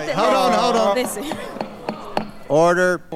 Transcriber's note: soundbite of gavel banging